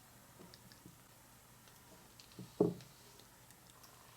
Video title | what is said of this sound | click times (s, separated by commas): If You Own a Rolex..Watch This! | you'll feel the click and | 2.6 s